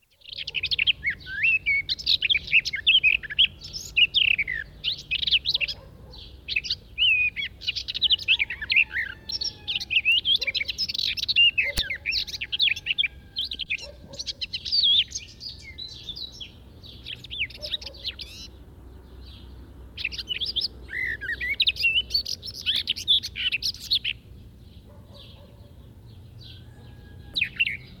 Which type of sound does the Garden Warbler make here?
song